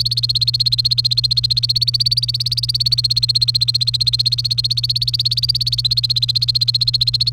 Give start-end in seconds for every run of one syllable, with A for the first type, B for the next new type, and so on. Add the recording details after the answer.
0.00-7.33 A. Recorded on 1 May 2018 at 10:38. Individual llb3